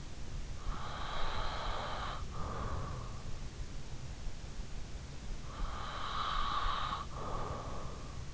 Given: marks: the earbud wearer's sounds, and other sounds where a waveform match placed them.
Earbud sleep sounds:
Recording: sounds in sleep by an in-ear microphone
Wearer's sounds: breath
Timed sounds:
0.34-3.54 s: breath
5.26-8.34 s: breath

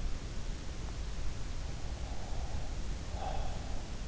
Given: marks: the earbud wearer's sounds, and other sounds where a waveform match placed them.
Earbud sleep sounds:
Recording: sounds in sleep by an in-ear microphone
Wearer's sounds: breath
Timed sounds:
1.82-3.77 s: breath

